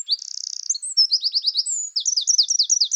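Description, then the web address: Eurasian wren song: very high, rapid trills and quick chattering notes rattled off in fast succession, bright and piercing throughout. "Troglodytes troglodytes"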